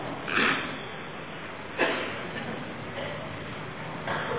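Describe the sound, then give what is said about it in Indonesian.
A few short, harsh coughs break out at uneven intervals, the second sharpest, over a low steady background hum with no talking. “Yang lain jangan ikut-ikutan batuk.”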